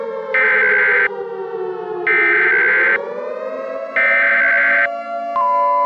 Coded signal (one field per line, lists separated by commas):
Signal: Emergency Alert System (SAME) tones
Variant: header bursts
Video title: THE NUCLEAR ATTACK [NUCLEAR EAS SCENARIO]